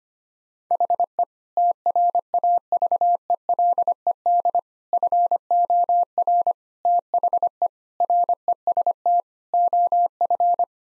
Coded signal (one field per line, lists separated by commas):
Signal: Morse code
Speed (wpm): 25 wpm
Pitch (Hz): 700 Hz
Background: none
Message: HE TRAVELED FOR THE REST OF